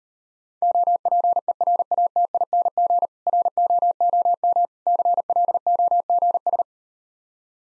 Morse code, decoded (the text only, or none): OPERATING ROOM CLOGS